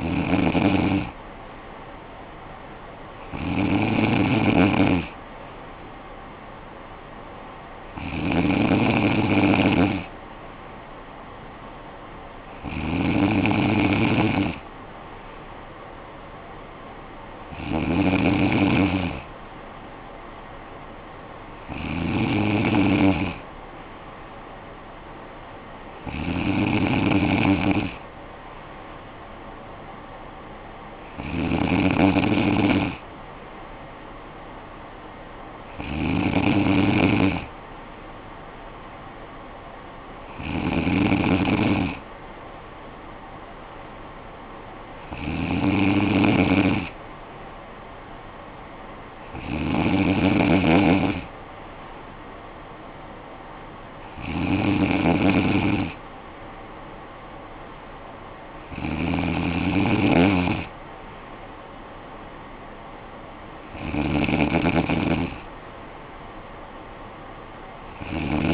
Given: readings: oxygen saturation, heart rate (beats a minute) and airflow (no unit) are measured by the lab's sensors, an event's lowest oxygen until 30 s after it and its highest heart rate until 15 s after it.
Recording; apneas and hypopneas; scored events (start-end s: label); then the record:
breathing in sleep by a voice recorder at the bedside; none
none scored
From the record:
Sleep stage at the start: N3 (deep sleep); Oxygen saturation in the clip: 94 to 96%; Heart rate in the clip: 54 to 59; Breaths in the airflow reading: 15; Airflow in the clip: -9.5 to 6.3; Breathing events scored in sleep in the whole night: 445 in 7.6 hours asleep